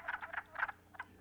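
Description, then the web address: Wood frog calls as short raspy clucks in quick bursts of one to several, separated by brief gaps. Eastern North America. "Dan Gibson Wildlife Identification By Sound, Eastern North America Pt 1. Wood Frog"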